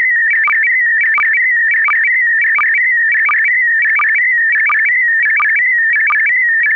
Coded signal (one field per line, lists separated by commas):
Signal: SSTV (slow-scan television)